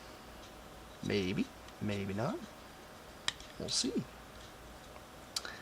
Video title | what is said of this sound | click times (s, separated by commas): FOC BRUTICUS BLASTOFF PT 1 | and there we go there we go snaps right in | 5.4 s